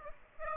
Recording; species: mosquito wingbeat signal from an infrared sensor; Aedes aegypti